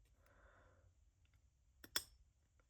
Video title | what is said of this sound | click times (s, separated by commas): Review: Grimsmo Fjell - luxurious, snappy, perfect. | Hear that click? | 2.0 s